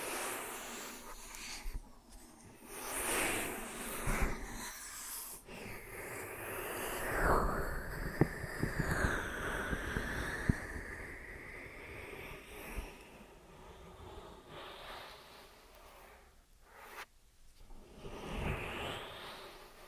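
Ear and scalp massage sounds: rubbing and brushing swells rise and fall, with sharp clicks near eight and ten seconds and soft shifting swooshes.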